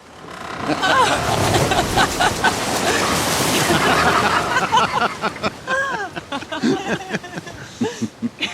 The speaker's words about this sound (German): Nun lenken die Flößer das aus rohen Baumstämmen gemachte Gefährt durch einige Stromschnellen, sodass die Gischt über das Floß spritzt.